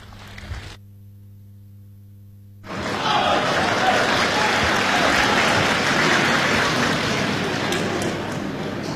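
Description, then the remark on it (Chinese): After a short stretch of low steady hum, audience applause breaks in and carries on at an even level for about six seconds, a scattered, modest clapping rather than a roaring ovation, from the live audience at a Chinese crosstalk (xiangsheng) show welcoming the performers. “谢谢，谢谢，谢谢现场所有热情的观众，谢谢您这么稀稀拉拉的掌声，谢谢大家。”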